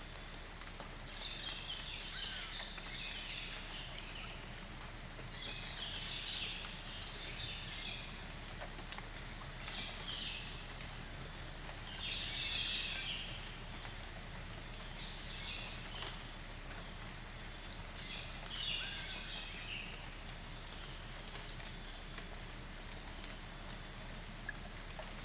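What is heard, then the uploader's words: Forest after rain, with two steady, high insect or cricket tones running unbroken through the whole clip. Short bursts of bird chirping come every few seconds, around the 3, 6, 12 and 18 second marks. A soft, even low rumble sits underneath throughout. Forest after rain.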